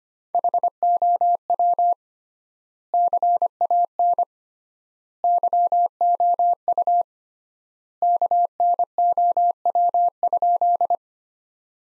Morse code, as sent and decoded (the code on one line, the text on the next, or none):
.... --- .-- / -.-. .- -. / -.-- --- ..- / -.- -. --- .-- ..--..
HOW CAN YOU KNOW?